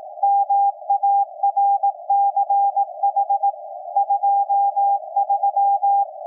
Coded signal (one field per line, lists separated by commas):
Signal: Morse code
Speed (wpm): 18 wpm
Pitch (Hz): 800 Hz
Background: none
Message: MARCH 23